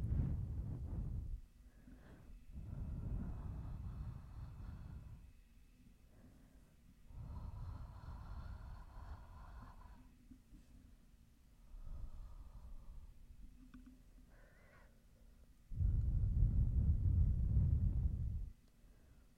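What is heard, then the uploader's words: Gusts of low, rumbling wind and breathy air come in bursts, some close and loud, others distant and soft, with quiet gaps between. Blow/Wind Sounds - Wind noise, air sounds, breathing, etc. Fast and slow sounds! Some of the air sounds a little close and some far away.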